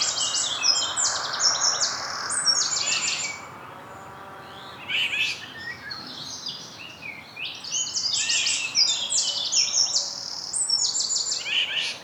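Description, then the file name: Eurasian wren singing very high, rapid trilled phrases: a long burst of fast notes, a pause, then further runs of notes to the end. "Troglodytes troglodytes"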